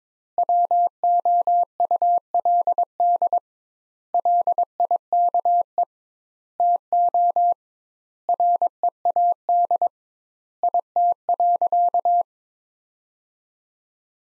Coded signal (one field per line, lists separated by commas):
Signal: Morse code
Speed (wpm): 22 wpm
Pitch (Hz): 700 Hz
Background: none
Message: WOULD LIKE TO READ IT.